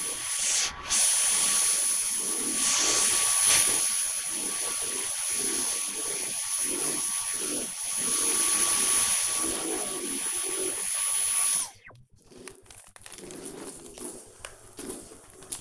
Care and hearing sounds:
household activities, microphone on the right wrist
0.00-11.87 s: vacuum cleaning

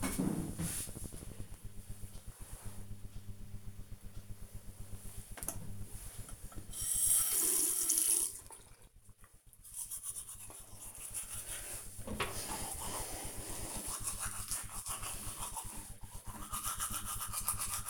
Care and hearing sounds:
household activities, microphone on the right wrist
4.47-17.90 s: brushing teeth

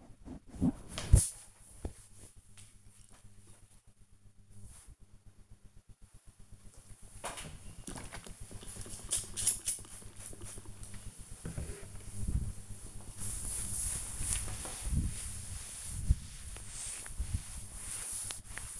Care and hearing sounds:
household activities, microphone on the right wrist
6.50-18.80 s: cleaning table

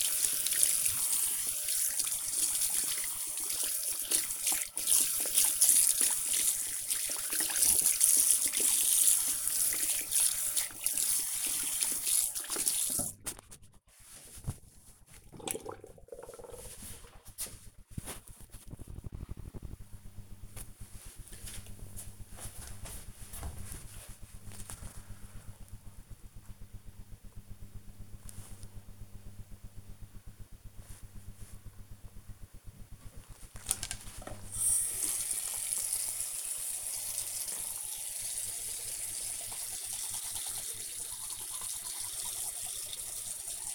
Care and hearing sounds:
household activities, microphone on the right wrist
0.00-13.71 s: washing hands
32.81-43.75 s: brushing teeth

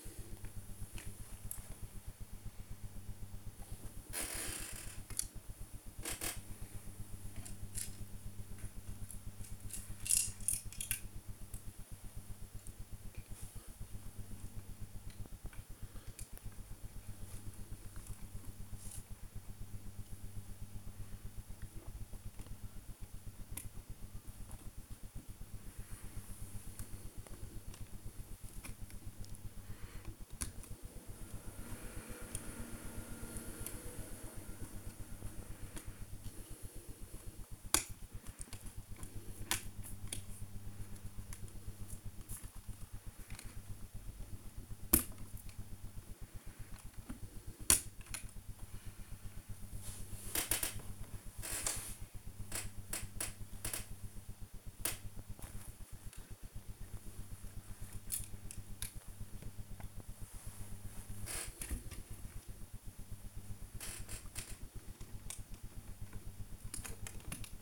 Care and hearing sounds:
household activities, microphone on the right wrist
0.00-67.62 s: build with lego

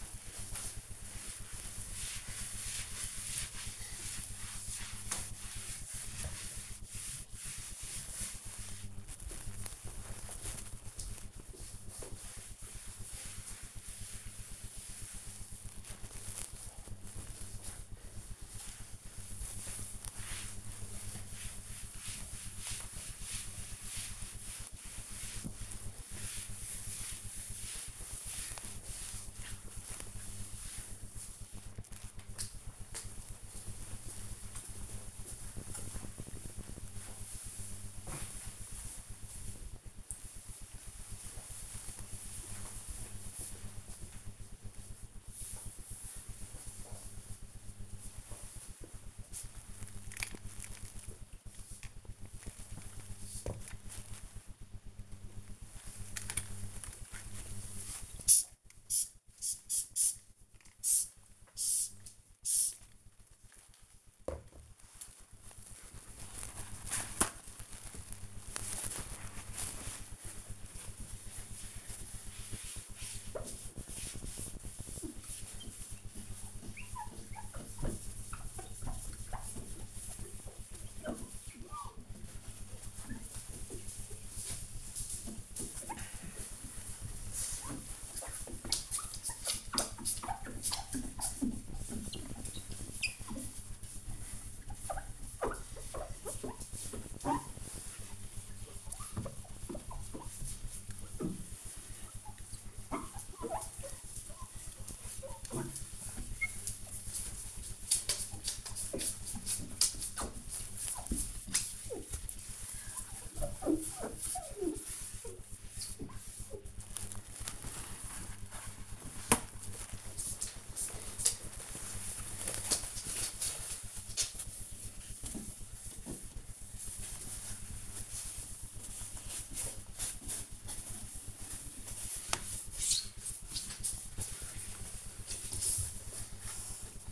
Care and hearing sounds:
household activities, microphone on the right wrist
0.00-31.76 s: cleaning table
54.90-137.12 s: window cleaning

